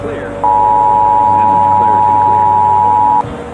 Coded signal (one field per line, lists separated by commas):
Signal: Emergency Alert System (SAME) tones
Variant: 853 and 960 Hz attention tone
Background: speech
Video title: EAS Scenario/Analog & Digital Horror - Crash FM Catastrophe